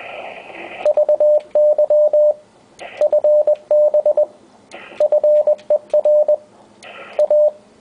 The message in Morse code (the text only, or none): VY FB FER A